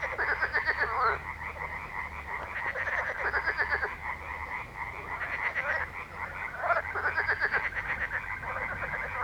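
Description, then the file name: Many frogs croaking at once, fast ratcheting pulses layered into a constant chorus, some individual calls louder near the start and middle. Frog ambience. "atmos frogs"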